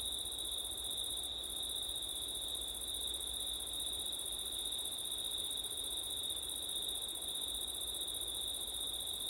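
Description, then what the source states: Crickets keep up an unbroken, high, buzzing chorus for the whole stretch. Crickets recorded on a September night with wind; recorded with ortif setup.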